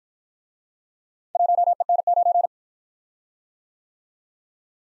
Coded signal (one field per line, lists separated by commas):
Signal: Morse code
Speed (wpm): 51 wpm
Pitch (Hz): 700 Hz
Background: none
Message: 1EN9